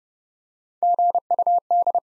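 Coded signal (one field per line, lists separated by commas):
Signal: Morse code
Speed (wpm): 25 wpm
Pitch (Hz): 700 Hz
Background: none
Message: GUD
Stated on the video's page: Morse practice set of common QSO elements, speed-racing format starting fast and slowing to a 20 wpm base; the final repeat is sent at maximum speed.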